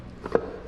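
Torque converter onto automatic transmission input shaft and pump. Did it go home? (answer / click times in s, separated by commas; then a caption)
partly / 0.4 s. A heavy, fluid-filled torque converter is rotated back and forth while being pushed onto the input shaft and pump of a 4L80e automatic transmission. After a faint knock at 0.3 s, it drops onto the second set of splines with a sharp click at 0.3 s (0.35 s). The converter is not yet fully seated, with one more click still to come.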